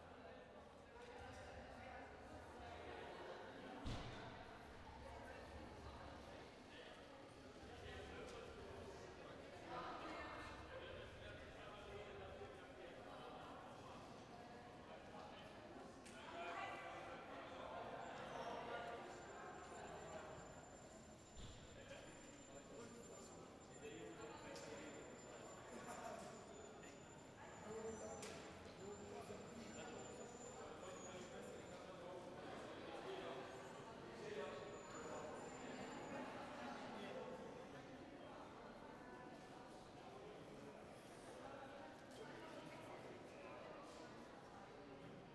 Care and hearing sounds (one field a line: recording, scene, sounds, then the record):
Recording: everyday scene through a hearing-aid microphone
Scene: reverberant space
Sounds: background noise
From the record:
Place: railway station hall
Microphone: behind the ear, right, front